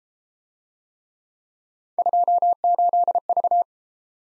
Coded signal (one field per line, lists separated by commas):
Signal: Morse code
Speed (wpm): 29 wpm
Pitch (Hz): 700 Hz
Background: none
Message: 28V